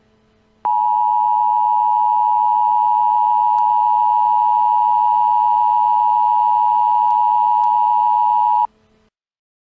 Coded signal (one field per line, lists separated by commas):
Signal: Emergency Alert System (SAME) tones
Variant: 853 and 960 Hz attention tone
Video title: EAS Scenario: Possessed